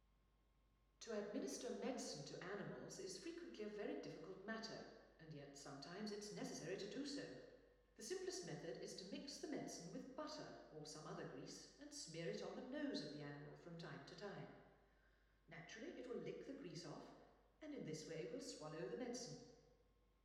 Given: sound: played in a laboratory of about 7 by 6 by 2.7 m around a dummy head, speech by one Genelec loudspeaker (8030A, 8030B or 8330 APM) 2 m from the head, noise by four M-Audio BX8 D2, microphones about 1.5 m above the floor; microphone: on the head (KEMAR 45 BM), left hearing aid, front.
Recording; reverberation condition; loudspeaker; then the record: female speech in English; high; 60 degrees to the left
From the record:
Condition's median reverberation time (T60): about 1300 ms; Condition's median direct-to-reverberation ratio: about -4.0 dB